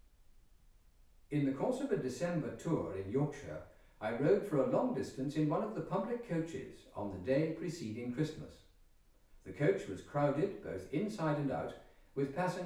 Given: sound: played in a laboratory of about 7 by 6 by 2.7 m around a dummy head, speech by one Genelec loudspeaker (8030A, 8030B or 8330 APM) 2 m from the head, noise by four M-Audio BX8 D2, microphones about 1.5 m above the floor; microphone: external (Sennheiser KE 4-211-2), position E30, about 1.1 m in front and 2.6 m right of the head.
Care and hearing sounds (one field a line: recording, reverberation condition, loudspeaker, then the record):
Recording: male speech in English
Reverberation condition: medium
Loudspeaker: 150 degrees to the left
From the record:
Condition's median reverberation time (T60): about 510 ms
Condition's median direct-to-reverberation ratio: about -0.5 dB